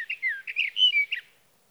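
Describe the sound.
Sage thrasher song fragment: a short burst of slurred whistles and warbled notes lasting just over a second.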